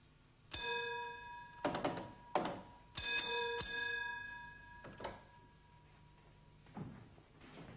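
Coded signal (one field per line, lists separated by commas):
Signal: bell signal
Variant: British railway block bell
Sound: several single bell dings spaced apart, mixed with dull mechanical thunks of instrument handles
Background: small room, mechanical clunks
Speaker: give the train out of section Bell code restoring the block instrument to the normal position he may now accept another train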